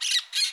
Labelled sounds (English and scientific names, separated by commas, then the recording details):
Brown-throated Parakeet (Eupsittula pertinax) contact call
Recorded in Curacao
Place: Hoffi Jan Thiel
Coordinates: 12.094, -68.877